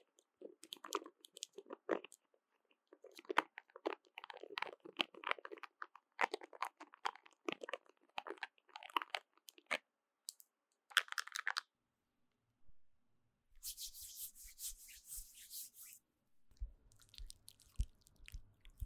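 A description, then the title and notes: Makeup being applied: quick, uneven rubbing and brushing strokes fill the first eleven seconds, short scratchy bursts coming in rapid clusters. A pause follows, then a bright, steady hiss from about 13.5 to 16 seconds, and finally softer clicks and rustling with a faint low hum. 10分鐘快速上妝. Doing Your Makeup in 10 Minutes | NO Talking.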